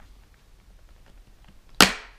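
The plastic side plate of an Icon Variant Battlescar helmet is pulled off the helmet shell by hand to release the shield. After near-silence, it gives one sharp, loud snap at 1.8 s that quickly fades. The side plate pops off and comes free.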